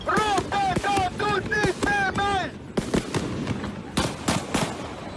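Gunshots ring out during riots in Rotterdam after a coronavirus protest: a series of sharp, loud cracks in an irregular burst, following a stretch of repeated rising-and-falling wailing tones and commotion.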